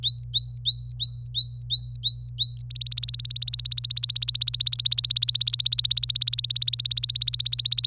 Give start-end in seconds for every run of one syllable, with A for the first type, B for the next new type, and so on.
0.03-2.62 A, 2.70-7.87 B